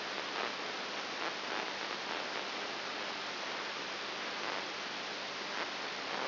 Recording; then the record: brain microelectrode recording played as sound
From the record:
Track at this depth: inside the subthalamic nucleus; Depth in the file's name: 3.501 mm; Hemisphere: right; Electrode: 3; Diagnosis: Parkinson's disease